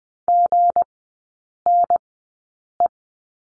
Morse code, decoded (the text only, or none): GNE